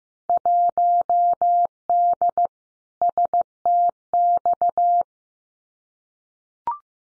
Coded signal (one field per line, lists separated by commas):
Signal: Morse code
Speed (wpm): 15 wpm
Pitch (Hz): 700 Hz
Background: none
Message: 1D STX